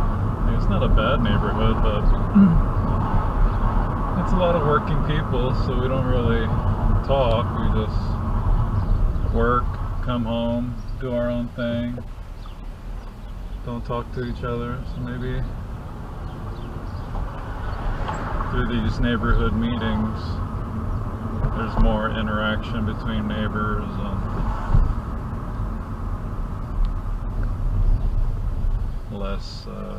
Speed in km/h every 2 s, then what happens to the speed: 32, 34, 32, 27, 19, 10, 6, 8, 13, 18, 24, 27, 26, 19, 15.
0-5 steady at about 32. 5-11 brakes to 6. 11-22 speeds up to 27. 22-30 slows to 15.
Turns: 11-17.